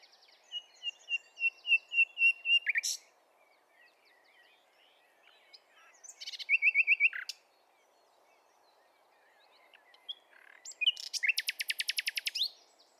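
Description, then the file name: Common nightingale singing: a series of repeated whistled notes, a pause, a short loud repeated phrase, then a long rapid rattling trill. "Luscinia megarhynchos"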